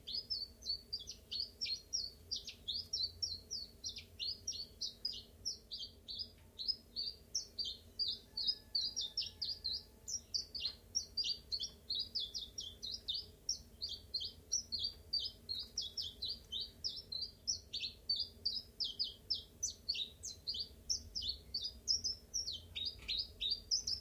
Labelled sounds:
Common Chiffchaff (Phylloscopus collybita)

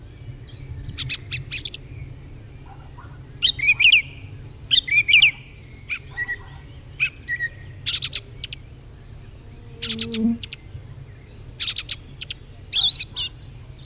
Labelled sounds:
Song Thrush (Turdus philomelos) song

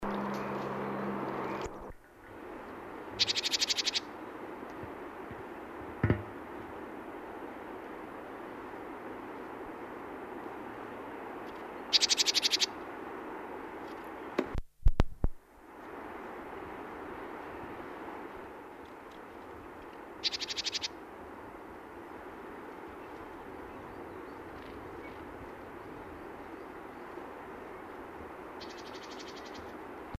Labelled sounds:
Great Tit (Parus major) call

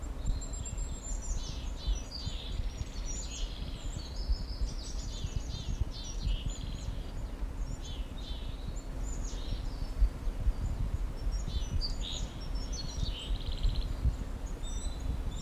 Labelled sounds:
Willow Tit (Poecile montanus)

